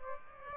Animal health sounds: mosquito wingbeat signal from an infrared sensor; Aedes aegypti

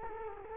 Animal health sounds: mosquito wingbeat signal from an infrared sensor; Culex quinquefasciatus

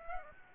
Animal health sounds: mosquito wingbeat signal from an infrared sensor; Aedes aegypti

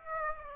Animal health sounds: mosquito wingbeat signal from an infrared sensor; Aedes aegypti

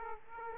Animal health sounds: mosquito wingbeat signal from an infrared sensor; Aedes aegypti

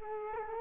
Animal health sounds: mosquito wingbeat signal from an infrared sensor; Culex quinquefasciatus

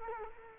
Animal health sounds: mosquito wingbeat signal from an infrared sensor; Culex quinquefasciatus

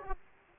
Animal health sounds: mosquito wingbeat signal from an infrared sensor; Aedes aegypti

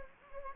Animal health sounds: mosquito wingbeat signal from an infrared sensor; Anopheles gambiae

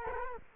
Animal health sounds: mosquito wingbeat signal from an infrared sensor; Culex quinquefasciatus

